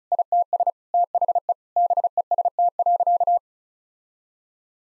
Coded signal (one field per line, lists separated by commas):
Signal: Morse code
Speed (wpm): 36 wpm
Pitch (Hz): 700 Hz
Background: none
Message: ITS THE BEST.